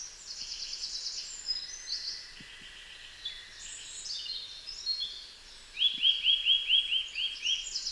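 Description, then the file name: Eurasian nuthatch: a quick repeated series of upslurred whistles in the final seconds, after a stretch of high buzzy trills and chirps. "Sitta europaea"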